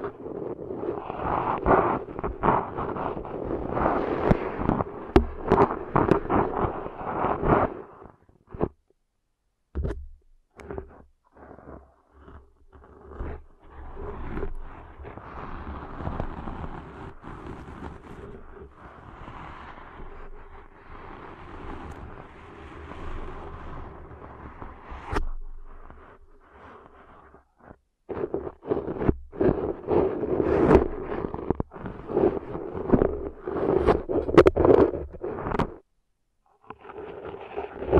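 Deep ear cleaning sounds: dense, crackling rubs and scrapes that come in bursts, with loud stretches in the first eight seconds and again from about 28 to 35 seconds. Between them the scratching is quieter and sparser, over a low steady hum, with brief silent gaps.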